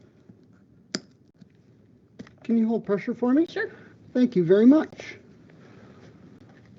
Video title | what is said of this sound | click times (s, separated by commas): Microscope - January 23 | At the same time, I activate the needle safety guard on a hard surface nearby, and you'll hear the click of it. | 1.0 s